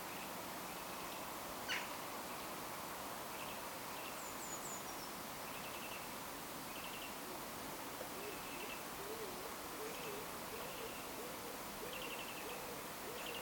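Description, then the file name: Eurasian wren calls: brief buzzy rattling notes repeated at a steady pace throughout, a thin high descending phrase early on, and low faint warbling later, all under constant hiss. "Troglodytes troglodytes"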